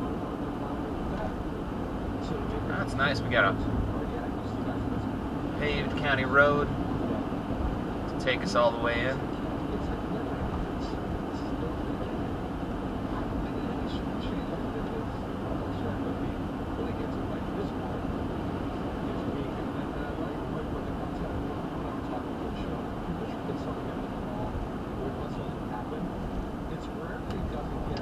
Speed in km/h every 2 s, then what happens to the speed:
90, 90, 92, 92, 92, 90, 87, 87, 85, 87, 87, 84, 81, 74.
0-20 steady at about 90. 20-28 slows to 74.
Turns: none.